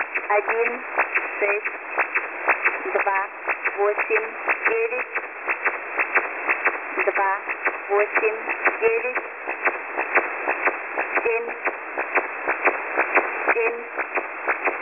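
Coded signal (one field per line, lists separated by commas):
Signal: numbers station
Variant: S06s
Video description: Der ukrainische Agentensender wird von einer Anlage bei Rivne in der ukraine abgestrahlt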